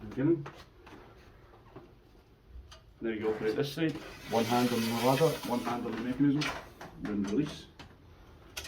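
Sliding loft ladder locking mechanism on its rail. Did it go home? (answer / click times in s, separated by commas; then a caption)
yes / 8.6 s. Someone talks while operating the locking mechanism on one side of a sliding aluminium loft ladder on its rail, holding the ladder with one hand and working the mechanism with the other before letting go. A sharp click is heard at 8.6 s as the lock snaps home and the ladder is locked in place.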